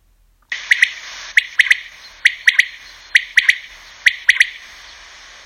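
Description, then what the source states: Bird giving sharp, high chirps in quick pairs or threes, each group repeated roughly every second, over a steady background hiss. Sent in with a question, 2018.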